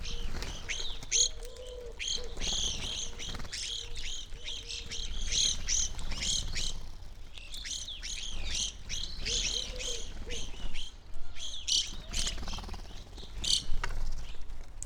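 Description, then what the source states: Evening grosbeaks in a feeding flock, steady stream of high, overlapping chirps with brief pauses, and a faint low hum now and then. Flock feeding on sunflower seeds at backyard feeder hanging from a birch, relatively warm winter morning, McCloud, Siskiyou County, California; microphones either side of the tree trunk.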